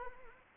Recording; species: mosquito wingbeat signal from an infrared sensor; Anopheles arabiensis